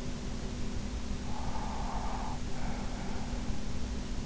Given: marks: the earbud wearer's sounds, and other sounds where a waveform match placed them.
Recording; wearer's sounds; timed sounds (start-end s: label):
sounds in sleep by an in-ear microphone; breath
1.13-3.36 s: breath